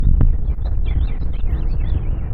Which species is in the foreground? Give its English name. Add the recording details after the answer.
House Finch. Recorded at WGilgo Beach on Long Island, New York, on 22 May 1975. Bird D